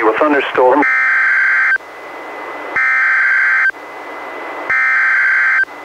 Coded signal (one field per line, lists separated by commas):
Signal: Emergency Alert System (SAME) tones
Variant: header bursts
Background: speech